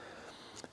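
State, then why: Seated. The magnetic Fidlock chin strap buckle tongue of a KLIM F5 off-road motorcycle helmet is brought close to its receiving plate, where the magnet guides it in. Over a steady low background hiss, it snaps into place with a short, sharp click at 0.6 s, then locks mechanically so it cannot come apart until the red pull tab is pulled. The buckle is seated.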